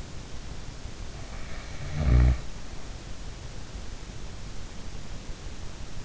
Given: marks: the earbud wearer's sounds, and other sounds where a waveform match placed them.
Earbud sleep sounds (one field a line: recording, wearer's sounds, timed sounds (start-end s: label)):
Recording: sounds in sleep by an in-ear microphone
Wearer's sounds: snoring breath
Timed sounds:
1.84-2.42 s: snoring breath